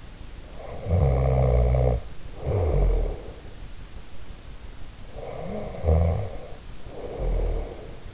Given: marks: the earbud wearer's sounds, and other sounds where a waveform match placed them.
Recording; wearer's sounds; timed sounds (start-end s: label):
sounds in sleep by an in-ear microphone; snoring breath
0.48-3.48 s: snoring breath
5.00-8.13 s: snoring breath